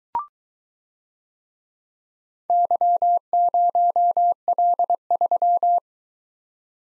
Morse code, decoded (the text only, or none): Y0L3